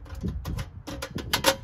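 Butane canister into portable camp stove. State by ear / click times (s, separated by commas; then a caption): not seated / none. A butane gas canister is handled at the compartment of a triple-walled portable camp stove, which has a little clicker that locks it into place. Short, sharp plastic-like ticks and knocks sound at about 0.5, 1.0, 1.2 and 1.3 s, the last being the loudest. Nothing has seated or clicked home yet.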